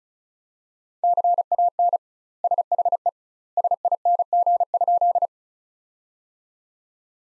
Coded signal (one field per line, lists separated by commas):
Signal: Morse code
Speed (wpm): 36 wpm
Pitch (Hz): 700 Hz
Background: none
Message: CAN SHE SING?